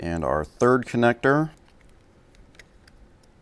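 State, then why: Not seated. Someone talks for the first second and a half while handling the third keyed plastic connector of a Morimoto XB LED tail light's wiring, lining it up with the factory harness plug on a Toyota Tundra. After that, faint, sharp ticks of handling come at about 2.4, 2.6 and 2.9 seconds over a quiet background. Nothing has seated or clicked yet.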